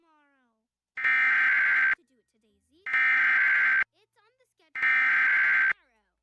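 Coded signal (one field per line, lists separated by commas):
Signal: Emergency Alert System (SAME) tones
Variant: header bursts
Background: speech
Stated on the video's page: Los Angeles County Required Monthly Test, livestreamed on a TV subchannel.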